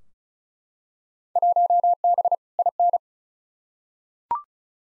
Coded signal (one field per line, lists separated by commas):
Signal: Morse code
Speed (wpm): 34 wpm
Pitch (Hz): 700 Hz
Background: none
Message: 1B IN